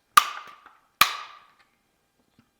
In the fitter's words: and once it is tight it will click indicating you've reached full tightness